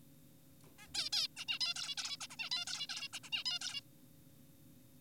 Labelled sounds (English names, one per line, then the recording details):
Zebra Finch
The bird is an adult
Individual g4p5U